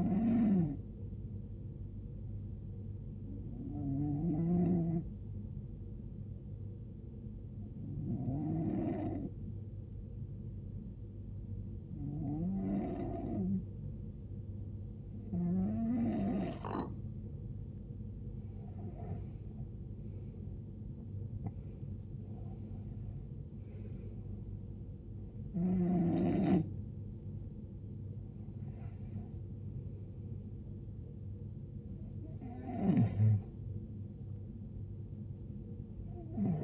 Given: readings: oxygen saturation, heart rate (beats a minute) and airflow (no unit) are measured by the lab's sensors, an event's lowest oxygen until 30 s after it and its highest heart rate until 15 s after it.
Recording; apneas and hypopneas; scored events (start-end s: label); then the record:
breathing in sleep by a smartphone at the bedside; 1
1.00-31.00 s: new sleep stage, N2 (light sleep)
5.00-23.00 s: hypopnea (N2, oxygen 95% highest, then 91% lowest, heart rate 76 at the start, 85 highest)
31.00-36.64 s: new sleep stage, N1 (lightest sleep)
From the record:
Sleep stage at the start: N1 (lightest sleep); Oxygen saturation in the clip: 91 to 95%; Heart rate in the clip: 71 to 85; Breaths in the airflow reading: 10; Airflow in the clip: -15.1 to 14.4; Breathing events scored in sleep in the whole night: 389 in 6.3 hours asleep